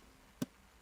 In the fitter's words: So dia dah lock dah kat situ.